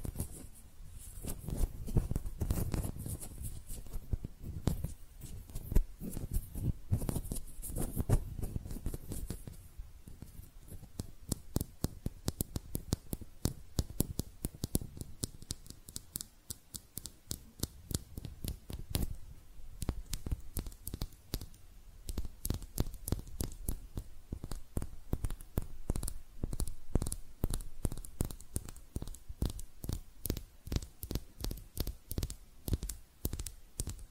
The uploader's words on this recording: ASMR Relaxing Hand Sounds (No Talking).